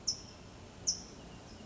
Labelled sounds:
California Towhee
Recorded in Sonoma County, California

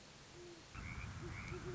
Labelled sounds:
Great Horned Owl
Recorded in Sonoma County, California

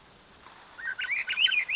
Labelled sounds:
Swainson's Thrush
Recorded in Sonoma County, California

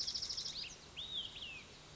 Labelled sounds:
Olive-sided Flycatcher
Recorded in Sonoma County, California

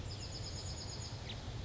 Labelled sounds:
Chestnut-backed Chickadee
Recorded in Sonoma County, California

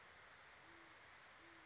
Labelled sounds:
Great Horned Owl
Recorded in Sonoma County, California

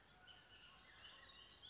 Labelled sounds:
Bullock's Oriole
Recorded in Sonoma County, California

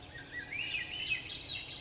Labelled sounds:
Swainson's Thrush
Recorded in Sonoma County, California

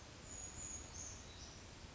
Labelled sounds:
Brown Creeper
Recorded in Sonoma County, California

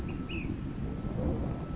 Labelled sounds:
Ash-throated Flycatcher
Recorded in Sonoma County, California

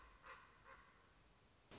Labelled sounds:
Common Raven
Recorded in Sonoma County, California

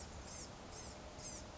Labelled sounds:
Blue-gray Gnatcatcher
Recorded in Sonoma County, California

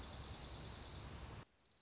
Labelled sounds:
Dark-eyed Junco
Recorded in Sonoma County, California

